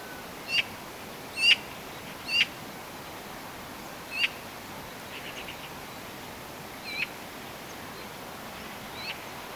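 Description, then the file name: Eurasian magpie calls: a few sharp rasping notes in the first half, then fainter chatter fading out against constant hiss. "Pica pica"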